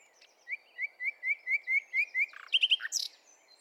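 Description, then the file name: Common nightingale song: a string of about eight clear upslurred whistles, ending in a jumble of harsh buzzy notes. "Luscinia megarhynchos"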